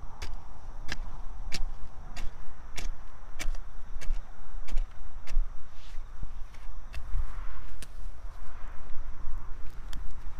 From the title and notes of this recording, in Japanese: 秋の、日が暮れ始めた16時過ぎ、ニンニクの定植。台風が南遠くから近づいてきている。曇り空の空気の少し重たい夕暮れ。穴あきマルチに棒で穴を開け、1片ずつニンニクを入れたあと、土をかけていく。今日はどの音も湿気のせいか少しこもって聞こえる。秋の夕方 ニンニクの定植。